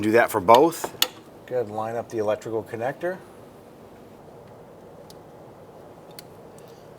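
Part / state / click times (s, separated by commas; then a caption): wiring harness connector onto a car starter motor / seated / 6.2 s. A wiring harness electrical connector is lined up and pressed onto the new starter motor of a 2008-2013 Nissan Rogue. Someone talks for the first three seconds, and then a few faint clicks come through a low background. The connector locks into place with a click at 6.2 seconds.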